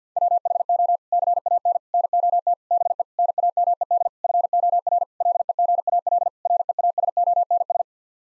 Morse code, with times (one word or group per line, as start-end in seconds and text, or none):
0.2-1.0 WHO
1.1-1.8 CAN
1.9-2.5 NOT
2.7-3.0 BE
3.2-4.1 NAMED
4.2-5.0 FOR
5.2-6.3 LEGAL
6.5-7.8 REASONS